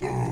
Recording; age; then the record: pig call; weaner (32 to 43 days)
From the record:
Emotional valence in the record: negative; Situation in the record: long isolation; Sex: female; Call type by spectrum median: low-frequency call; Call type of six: low-frequency modulated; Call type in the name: low-frequency modulated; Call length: 0.33 s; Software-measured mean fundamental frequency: 60 Hz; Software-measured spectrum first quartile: 145 Hz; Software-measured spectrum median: 346 Hz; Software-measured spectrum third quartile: 740 Hz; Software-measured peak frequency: 374 Hz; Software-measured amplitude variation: 102 dB a second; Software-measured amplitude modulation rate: 24.6 a second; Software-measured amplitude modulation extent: 4.2 dB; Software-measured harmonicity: -1.0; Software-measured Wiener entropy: -0.89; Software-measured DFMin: 1261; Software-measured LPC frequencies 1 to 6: 858, 1924, 2422, 4095, 4896, 5771 Hz